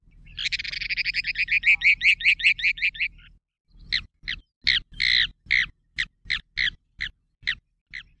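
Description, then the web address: Mountain plover calls: a fast run of harsh, buzzy notes for about three seconds, then a slower series of separate rasping notes roughly three per second. "Thumbs Plus Zoo Field Guide Repository Sounds"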